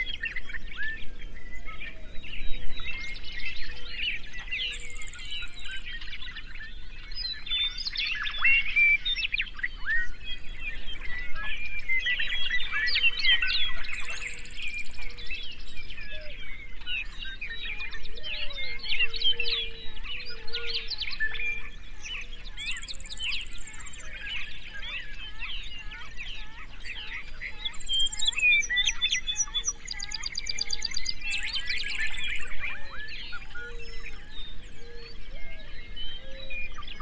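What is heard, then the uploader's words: A prairie dawn chorus of many overlapping birds, dense chirps and trills throughout, with steady low wind and occasional high bright calls. Today we head to Grasslands National Park in Saskatchewan, just a few miles north of the Canada/US border.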